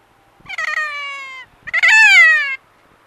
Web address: kea